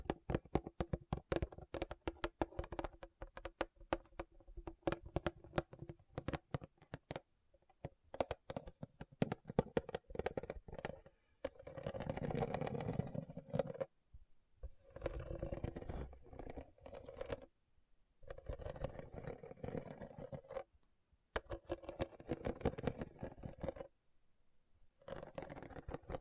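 Rhinestones are tapped and scratched in quick, dense runs of sharp clicks through the first ten seconds. After that come longer bursts of rough scraping, each a couple of seconds long, separated by brief silences, with scattered taps between them until the end.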